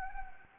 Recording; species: mosquito wingbeat signal from an infrared sensor; Anopheles gambiae